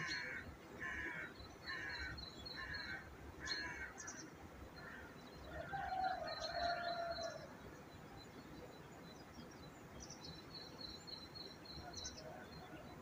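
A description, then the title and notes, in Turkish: Birds call over a steady, rough low background noise. In the first four seconds a series of harsh, crow-like caws repeats about once a second, while thin, high whistled notes come and go throughout. Around six seconds a clearer, lower call rises briefly. Kuş Sesleri.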